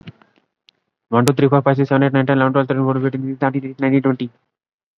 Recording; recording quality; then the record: counting at a fast pace; excellent, no background noise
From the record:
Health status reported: COVID-19 positive, mild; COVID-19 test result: positive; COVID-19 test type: RT-PCR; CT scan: taken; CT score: 9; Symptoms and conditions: cough, cold, sore throat, fever, fatigue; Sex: male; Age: 35 years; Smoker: no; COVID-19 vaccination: one dose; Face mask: worn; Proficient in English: yes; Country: India